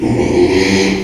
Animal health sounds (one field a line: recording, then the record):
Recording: squeal of a Yucatan mini pig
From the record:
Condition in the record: after surgery on the right vocal fold (resection and tissue-engineered implant)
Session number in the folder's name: 2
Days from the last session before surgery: 13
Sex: male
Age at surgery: 12 weeks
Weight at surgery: 13 kg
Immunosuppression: cyclosporine, prednisolone